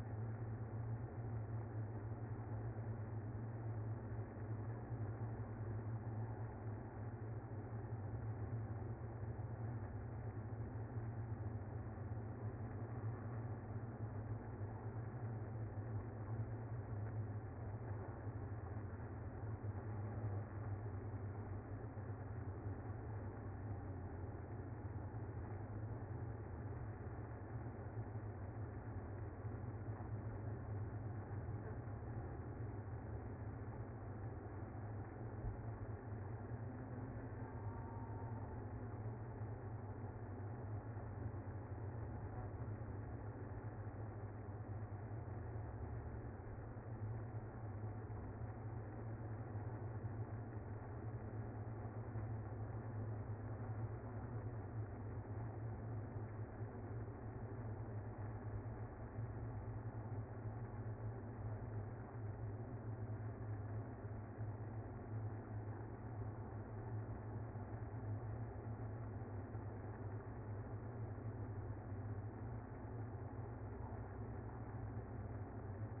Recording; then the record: honeybee colony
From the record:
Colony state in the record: active